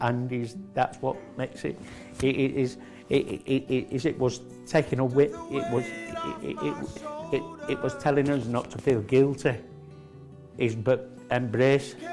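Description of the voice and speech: An adult man speaks haltingly, with repeated initial vowels and glottal catches ('i-i-is', 'i-i-i-it was') and drawn-out sounds before words come out, plus long pauses. These repetitions, prolongations and blocks are typical of stuttering and stammering.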